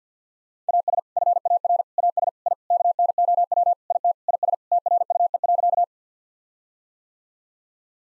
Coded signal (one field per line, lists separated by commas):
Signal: Morse code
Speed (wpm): 50 wpm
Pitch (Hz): 700 Hz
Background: none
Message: AS FAR AS I KNOW IT IS TRUE.